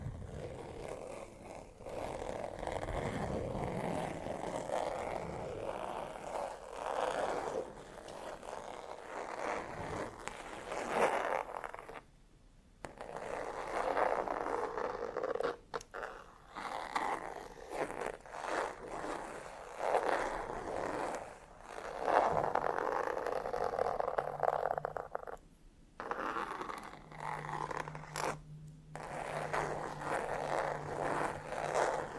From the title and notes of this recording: TimASMR-Needle Fingers & Textured Leather Scratching (NO TALKING).